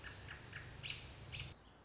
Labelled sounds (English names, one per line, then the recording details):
American Robin
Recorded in Sonoma County, California